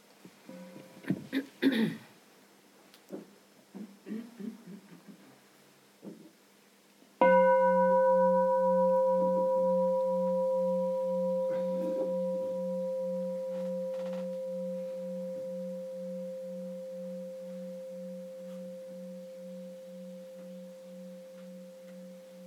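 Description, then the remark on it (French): A single bell, rung by a sister of a monastic community at a speaker's request, is struck once, ringing with a clear steady tone and bright overtones, then slowly fading over many seconds, with a gentle pulsing beat in the decay. Faint rustles and coughs precede it. “Je vais te demander un son de cloche, ma sœur, s'il te plaît.”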